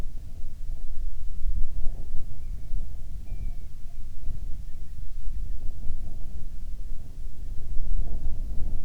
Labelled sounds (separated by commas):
bird, wind